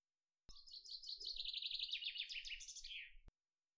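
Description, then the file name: Common chaffinch song: a fast run of sharp repeated notes sliding gradually lower, ending in a quick flourish, with a click at the start and the end. "Fringilla coelebs"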